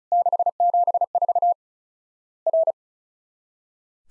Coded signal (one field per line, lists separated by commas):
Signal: Morse code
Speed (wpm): 36 wpm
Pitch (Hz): 700 Hz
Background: none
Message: 674 R